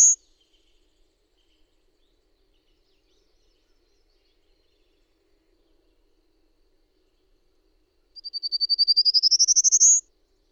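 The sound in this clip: Bird song: the tail end of one trill at the start, then after a long silence a two-second buzzy pulsed trill rising in pitch.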